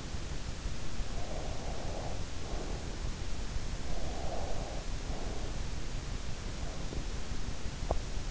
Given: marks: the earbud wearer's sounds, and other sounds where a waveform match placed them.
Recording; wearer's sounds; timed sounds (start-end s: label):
sounds in sleep by an in-ear microphone; breath, teeth grinding
1.01-3.14 s: breath
3.95-5.99 s: breath
6.76-8.31 s: teeth grinding